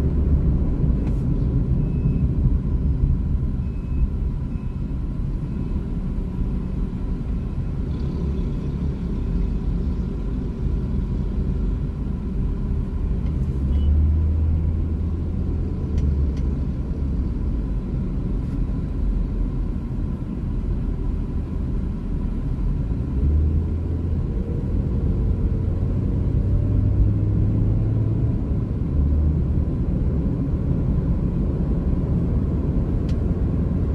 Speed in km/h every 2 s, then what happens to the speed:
34, 20, 17, 17, 18, 20, 26, 35, 34, 32, 30, 36, 45, 51, 55, 60, 65.
0-4 brakes to 17. 4-14 speeds up to 35. 14-20 steady at about 32. 20-34 speeds up to 65.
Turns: 4-11.